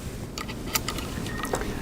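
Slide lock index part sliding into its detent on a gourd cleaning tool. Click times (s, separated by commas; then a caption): 0.8 s. The slide lock index part of a gourd cleaning tool's index system, with a bolt put through its lower hole, is slid along until it clicks into a detent. A series of small sharp ticks and scrapes is heard over a low background hum, with the loudest click at 0.8 s. The part is seated in its detent.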